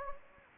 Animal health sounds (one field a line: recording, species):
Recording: mosquito wingbeat signal from an infrared sensor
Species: Anopheles gambiae